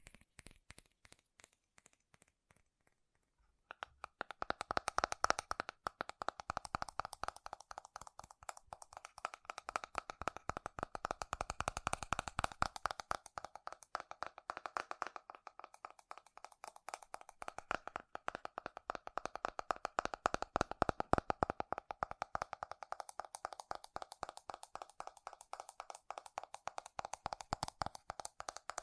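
Fast, furious tapping on metal, a dense rapid stream of sharp clicks that starts after a quiet few seconds and keeps going to the end. The taps ring bright with a steady metallic tone, swelling louder around the middle and again near the close.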